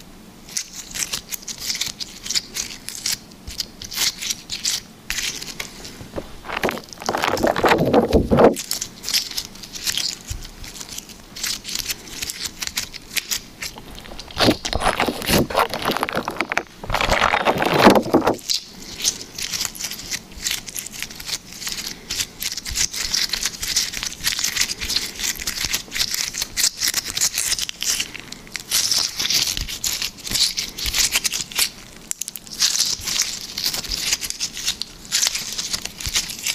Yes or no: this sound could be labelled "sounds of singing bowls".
no